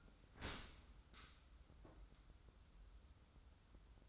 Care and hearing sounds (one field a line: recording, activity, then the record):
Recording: daily activity, microphone in the room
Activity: open dishwasher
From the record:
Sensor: 3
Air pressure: 994.4 hPa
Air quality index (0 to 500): 209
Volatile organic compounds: 1000 ppm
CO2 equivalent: 7000 ppm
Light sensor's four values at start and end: 212/512/217/218 and 212/512/217/218